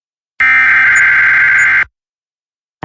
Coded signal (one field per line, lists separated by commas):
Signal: Emergency Alert System (SAME) tones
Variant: header bursts